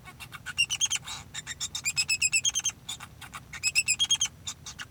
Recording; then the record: song of a male Bengalese finch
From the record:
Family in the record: son of father 2